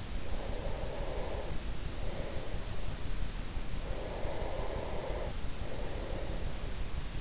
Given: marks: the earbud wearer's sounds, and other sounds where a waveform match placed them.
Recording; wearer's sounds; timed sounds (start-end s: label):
sounds in sleep by an in-ear microphone; breath
0.26-2.98 s: breath
3.83-6.43 s: breath